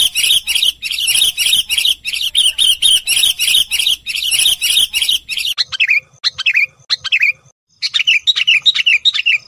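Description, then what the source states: Lovebird calling, a long stretch of rapid, harsh chirping bursts that gives way to spaced single shrill chirps with short pauses. Lure sound (pikat) used to attract lovebirds for trapping.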